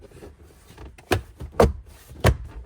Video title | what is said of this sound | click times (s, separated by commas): Cheapest CarPlay/ Android Auto Available For A 2nd Gen Toyota Sequoia - Tundra (2008-2018) | There she is. Snapped back in place. | 1.1 s, 1.6 s